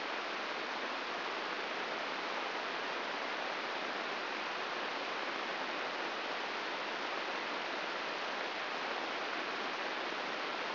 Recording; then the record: brain microelectrode recording played as sound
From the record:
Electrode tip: inside the subthalamic nucleus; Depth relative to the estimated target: 1 mm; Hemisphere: right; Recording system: AlphaMap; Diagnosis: Parkinson's disease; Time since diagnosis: 10 years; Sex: female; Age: 63 years